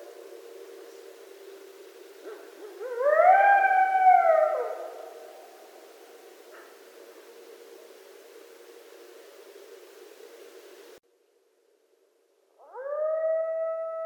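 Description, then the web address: Coyote howls: a rising howl, then a break of silence and another rising howl at the end; a steady hum underneath. Coyotes recorded at night, 13 November 2012. "Coyote 2012 11 13 Coyotes. night-sounds-pt-5-coyotes"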